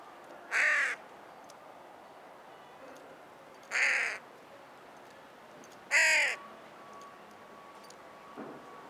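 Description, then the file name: Carrion crow giving three harsh, raspy caws, with a faint fourth sound near the end over a quiet background. "Corvus corone"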